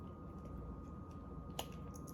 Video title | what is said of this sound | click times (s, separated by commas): Happy Thursday. Magic band plus talk and other Disney news. | And it just snaps right in. | 1.6 s